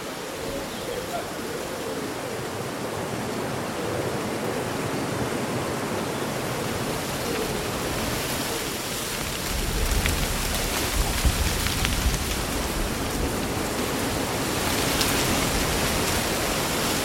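Summer wind blows through leaves in a dense, steady rustle that fills the whole clip. Around ten to twelve seconds a stronger gust adds a low rumble, and brief crackling flurries of leaves come through near eight and fifteen seconds.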